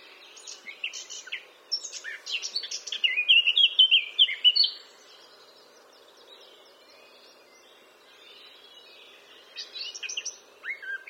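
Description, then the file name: Eurasian blackcap song: a lively warbled phrase rising to clear fluty notes over about four seconds, then quiet, with warbling starting again near the end. "Sylvia atricapilla"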